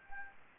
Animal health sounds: mosquito wingbeat signal from an infrared sensor; Anopheles gambiae

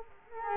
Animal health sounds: mosquito wingbeat signal from an infrared sensor; Culex quinquefasciatus

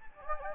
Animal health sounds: mosquito wingbeat signal from an infrared sensor; Anopheles gambiae

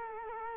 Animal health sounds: mosquito wingbeat signal from an infrared sensor; Culex quinquefasciatus

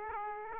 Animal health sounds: mosquito wingbeat signal from an infrared sensor; Aedes aegypti

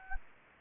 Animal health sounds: mosquito wingbeat signal from an infrared sensor; Anopheles gambiae

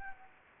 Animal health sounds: mosquito wingbeat signal from an infrared sensor; Anopheles gambiae

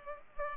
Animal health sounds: mosquito wingbeat signal from an infrared sensor; Culex pipiens

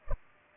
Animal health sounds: mosquito wingbeat signal from an infrared sensor; Culex pipiens

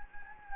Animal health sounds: mosquito wingbeat signal from an infrared sensor; Anopheles gambiae

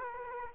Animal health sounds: mosquito wingbeat signal from an infrared sensor; Culex quinquefasciatus

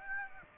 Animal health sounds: mosquito wingbeat signal from an infrared sensor; Aedes aegypti

